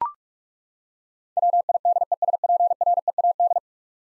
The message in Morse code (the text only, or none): WIDESPREAD